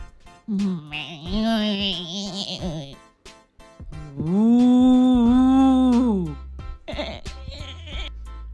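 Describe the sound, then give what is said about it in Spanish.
Calves moo in reply: two long, loud, drawn-out calls with a wavering, slightly rising pitch, followed by a short third call near the end. No one speaks. “Los becerros responden.”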